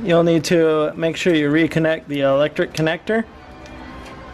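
During a rear brake pad and rotor replacement on a 2009-2016 Volkswagen Tiguan, the electrical connector for the rear brake caliper / parking brake motor is being reconnected while someone talks over background music. The clip ends with the connector handled but not yet home; nothing has snapped in or seated yet.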